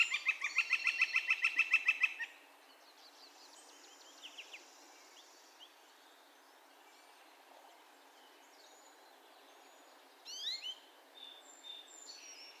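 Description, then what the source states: Northern flicker giving a fast run of evenly spaced repeated notes for about two seconds, then quiet broken by a few scattered high notes. Calls, recorded 2020-05-02.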